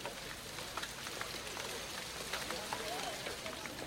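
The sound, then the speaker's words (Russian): Light, steady morning drizzle falls with an even, soft hiss, sprinkled with tiny faint patters of drops that never build or fade across the few seconds. “На следующий день с утра зарядил мелкий противный дождь.”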